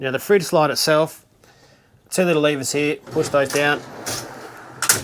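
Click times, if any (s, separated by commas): 4.8 s, 4.9 s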